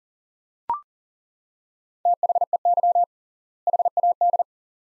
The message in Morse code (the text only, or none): THEY HAD